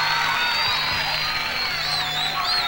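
A crowd applauds and cheers in a steady, dense wash of clapping, with high whistles and whoops rising over it for the whole stretch.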